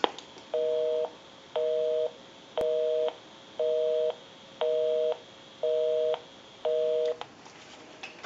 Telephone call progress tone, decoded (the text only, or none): busy tone